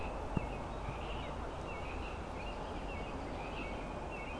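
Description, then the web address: Frog chorus, faint short calls repeating over steady background noise. Frog chorus at Grafton Lake, recorded 3 May 2009. "The Frog Chorus Tunes Up On Grafton Lake"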